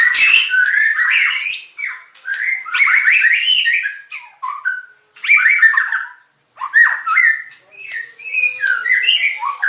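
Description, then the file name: White-rumped shama song in loud varied bursts of whistles, buzzy squawks and chatter, separated by short silences around five and six seconds. Aceh variety of white-rumped shama, full song variation. "Suara Burung Murai Batu Aceh Variasi Lengkap"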